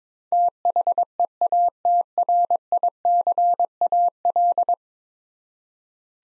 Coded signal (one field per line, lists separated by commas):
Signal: Morse code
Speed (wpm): 22 wpm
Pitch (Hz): 700 Hz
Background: none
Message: THEATRICAL